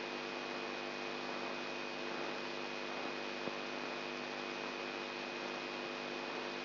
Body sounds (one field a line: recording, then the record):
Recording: brain microelectrode recording played as sound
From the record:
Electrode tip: outside the subthalamic nucleus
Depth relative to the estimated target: -4 mm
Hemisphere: left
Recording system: AlphaMap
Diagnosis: Parkinson's disease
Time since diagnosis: 11 years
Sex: male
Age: 67 years